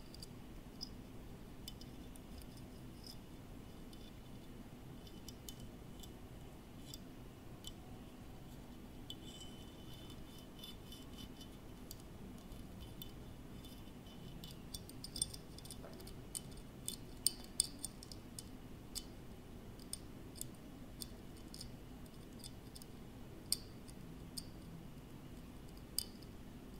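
Close-up tapping and tracing on office objects: soft scratchy rubbing throughout, with sharp bright clicks and taps scattered irregularly, clustering after fifteen seconds.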